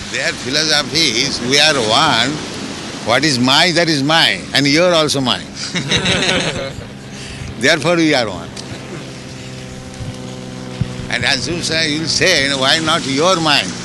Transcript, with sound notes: Their philosophy is, "We are one. What is mine, that is mine. And your---also mine. [laughter] Therefore we are one." And as soon as you'll say, "No, why not your mine?"